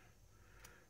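A steel gas ring is slid and tucked onto an AR-15 rifle bolt body until it snaps into its groove. A short, sharp tick at 0.6 s over low background hum marks the ring seating. Someone talks before and after.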